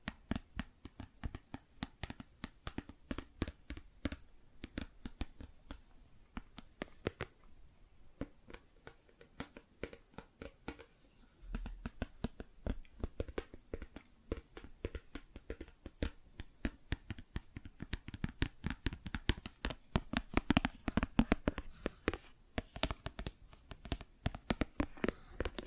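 Plastic objects tap and scratch in dense, irregular clicks throughout, growing busier and louder after about eleven seconds, with brief pauses early on.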